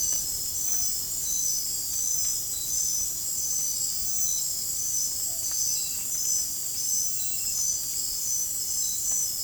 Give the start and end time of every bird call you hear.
[4.99, 5.47] Megascops choliba

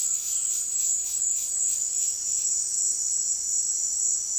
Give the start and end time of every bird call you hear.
[0.00, 0.78] Crypturellus undulatus

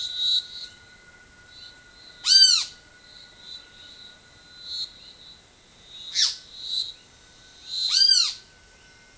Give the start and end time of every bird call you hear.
[2.23, 2.69] Pitangus sulphuratus
[6.11, 8.30] Pitangus sulphuratus

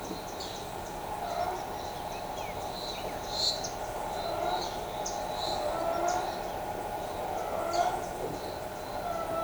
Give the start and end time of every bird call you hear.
[0.00, 3.37] Anthracothorax nigricollis
[1.37, 1.85] Synallaxis candei
[1.93, 3.16] Saltator olivascens
[3.62, 3.70] Anthracothorax nigricollis
[5.02, 5.13] Anthracothorax nigricollis
[6.05, 6.16] Anthracothorax nigricollis

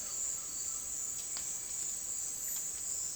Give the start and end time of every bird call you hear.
[0.00, 0.86] Trogon viridis

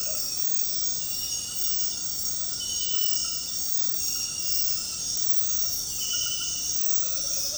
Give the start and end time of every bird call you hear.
[6.76, 7.57] Megascops choliba

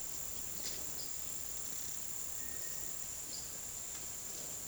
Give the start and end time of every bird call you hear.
[2.39, 2.96] Crypturellus cinereus

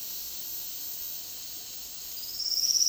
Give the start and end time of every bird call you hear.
[2.16, 2.88] Sclateria naevia

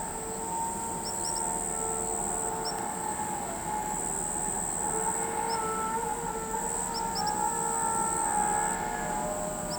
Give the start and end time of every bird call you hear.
[1.05, 1.40] Tyrannus melancholicus
[2.63, 2.73] Tyrannus melancholicus
[5.49, 5.56] Tyrannus melancholicus
[6.93, 7.30] Tyrannus melancholicus

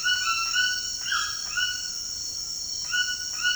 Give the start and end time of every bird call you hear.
[0.00, 2.22] Ramphastos tucanus
[2.82, 3.56] Ramphastos tucanus

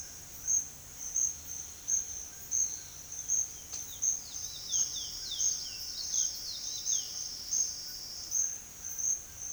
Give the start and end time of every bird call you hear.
[0.00, 3.22] Ramphastos tucanus
[3.00, 7.15] Sporophila angolensis
[4.90, 9.53] Ramphastos tucanus

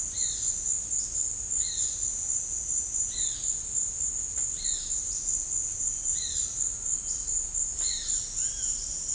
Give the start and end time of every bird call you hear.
[0.09, 0.56] Pitangus sulphuratus
[1.57, 2.02] Pitangus sulphuratus
[3.10, 3.58] Pitangus sulphuratus
[4.54, 5.11] Pitangus sulphuratus
[6.15, 6.52] Pitangus sulphuratus
[7.79, 8.74] Pitangus sulphuratus

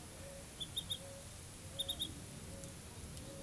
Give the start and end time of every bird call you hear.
[0.00, 3.43] Zenaida auriculata

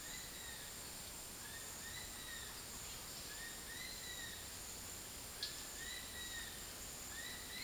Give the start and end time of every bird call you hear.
[0.00, 7.63] Spizaetus tyrannus

